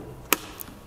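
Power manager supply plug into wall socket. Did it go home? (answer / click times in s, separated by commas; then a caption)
yes / 0.3 s. The supply plug of the power manager for an iStill Mini 10 L, used to give enough power to heat the boiler, is pushed into a wall socket. A sharp, bright click at 0.3 s shows it seats in place, followed by a fainter high tick at about 0.6 s.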